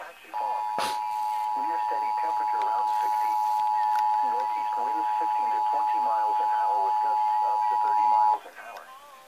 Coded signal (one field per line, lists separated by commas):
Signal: Emergency Alert System (SAME) tones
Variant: 853 and 960 Hz attention tone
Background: speech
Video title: EAS Capture #7: The National Periodic Emergency Alert System Test of 2016